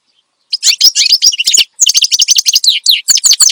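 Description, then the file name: Finch song, a fast run of high chirps and trills that starts after a brief silence, pauses near the middle and again near the end, then continues in dense bursts. Energetic, lively finch song presented as a tutor recording for training captive songbirds (masteran). "Suara Kicauan Burung Finch Gacor Dor Cocok Untuk Masteran"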